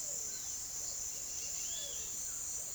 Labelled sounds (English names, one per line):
Dusky-headed Parakeet
Pale-vented Pigeon
White-throated Toucan
Great Kiskadee